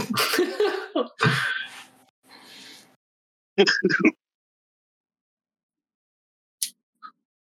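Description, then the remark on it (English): Harsh, raspy coughs from a sick person burst out in a loud opening cluster, followed after a pause by another short fit and then a couple of faint, isolated coughs trailing off. “I can't laugh anymore without coughing.”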